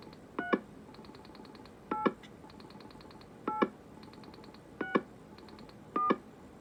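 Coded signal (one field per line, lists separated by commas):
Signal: DTMF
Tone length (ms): 140 ms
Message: 3 8 8 6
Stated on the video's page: Dialed by a refurbished DASA Magicall pulse auto dialer through a pulse-to-tone converter.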